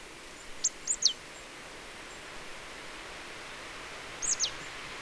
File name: Poecile palustris